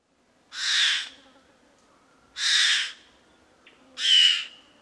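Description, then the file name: Fawn-breasted bowerbird calls: three loud rasping hissy notes about one and a half to two seconds apart, the last with a bright whistled edge. "Chla Cerv"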